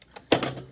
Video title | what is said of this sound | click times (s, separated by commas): Showing off my Veggetti Pro | It snaps right back. | 0.3 s